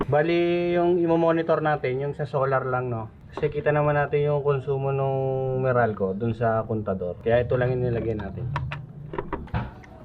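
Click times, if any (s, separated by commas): 9.3 s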